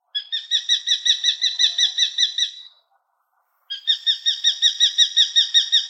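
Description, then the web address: Common kestrel delivering two bursts of piercing, rapid, evenly spaced kee-kee-kee calls separated by a short silent gap. "пустельга"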